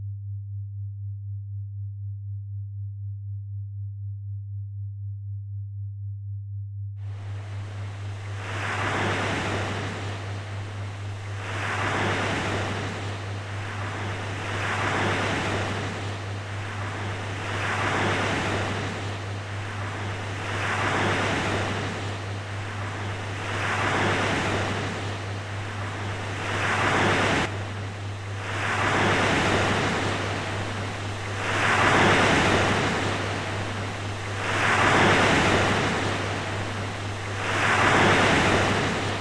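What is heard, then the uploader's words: Night waves wash in at a steady rhythm, one every two to three seconds, each a hissing swell that fades before the next. The first eight seconds hold only a constant low electrical hum, which continues underneath as the surf builds louder toward the end. Besides the original sound, a sine wave and a low frequency drone was used along with various filters. Midnight waves in Italy reimagined by Ricardo Paraíso Silvestre.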